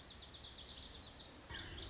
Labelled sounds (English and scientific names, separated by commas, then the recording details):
Lazuli Bunting (Passerina amoena)
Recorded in Sonoma County, California